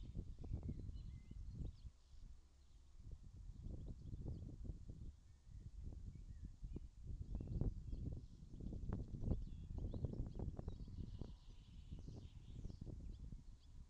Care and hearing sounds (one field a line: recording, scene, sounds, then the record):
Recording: everyday scene through a hearing-aid microphone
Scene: wind on the microphone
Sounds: wind, birds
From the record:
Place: in front of a rural house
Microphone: in the ear canal, left